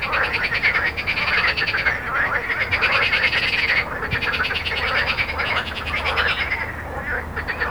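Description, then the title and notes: Frog chorus of dense, rapid pulsed croaks with brief lulls, several callers overlapping above steady road noise. Frogs recorded at Jardins de la Ligne, Montaudran, Toulouse, France, with road noise, recorded on a Zoom H4n. "Jardins de la Ligne, 1 Rue Jacqueline Auriol, 31400 Toulouse, France - Frog Montaudran. Frog and road captation zoom h4n"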